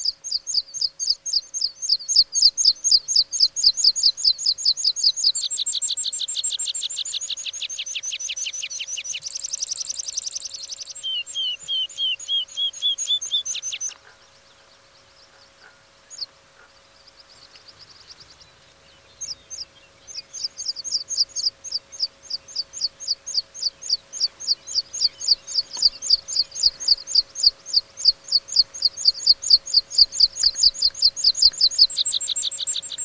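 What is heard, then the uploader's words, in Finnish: A meadow pipit sings in long runs of quick, thin, high notes repeated at a steady pace, shifting pitch and pattern around the tenth second. The song stops briefly near fourteen seconds, then resumes and continues to the end over a faint, steady hum. Viikon luontoääni: Niittykirvinen.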